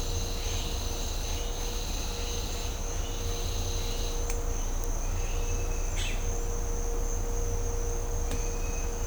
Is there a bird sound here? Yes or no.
yes